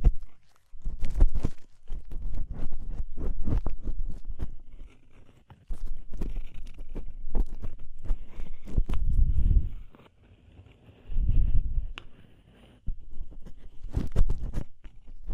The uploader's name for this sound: DEEP Ear Penetrating Cleaning